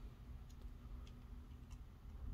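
A 32 GB microSD card is handled at the spring-loaded card slot of a GoPro Hero 11 Black action camera, on its way into the slot. Over a steady low hum, two faint, brief ticks come at about 1.1 and 1.7 seconds. The card has not seated or clicked into place yet.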